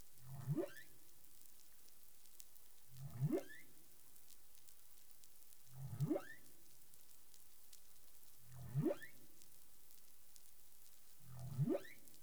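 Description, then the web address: Humpback whale sounds: five short low units each ending in a quick upward-sweeping whoop, evenly repeated roughly every three seconds against constant background hiss. Recorded 20 April 2021 at 03:26 UTC. "CARIMAM. humpback whale"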